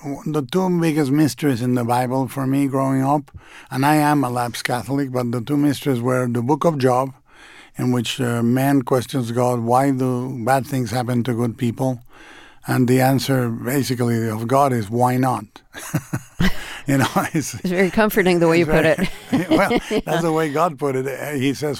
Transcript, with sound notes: The two biggest mysteries in the Bible for me growing up - and I am a lapsed Catholic. But the two mysteries were the Book of Job, in which man questions God, why do bad things happen to good people? And the answer, basically, of God is, why not?
(LAUGHTER)
You know?
It's very comforting the way you put it (laughter).
Well, that's the way God put it.